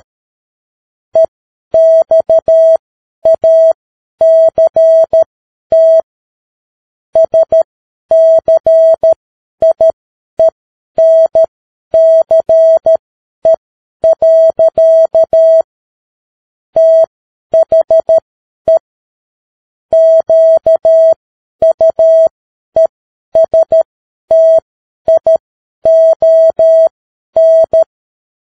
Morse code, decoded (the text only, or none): EXACT SCIENCE. THE QUESTION